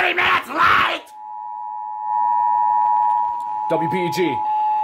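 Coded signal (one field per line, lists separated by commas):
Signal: Emergency Alert System (SAME) tones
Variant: 853 and 960 Hz attention tone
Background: speech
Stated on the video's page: Real EAS tests received in January 2020.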